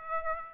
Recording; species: mosquito wingbeat signal from an infrared sensor; Aedes aegypti